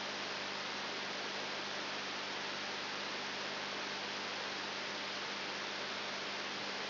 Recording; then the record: brain microelectrode recording played as sound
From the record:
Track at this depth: outside the subthalamic nucleus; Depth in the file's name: 7.299 mm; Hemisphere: left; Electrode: 3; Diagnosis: Parkinson's disease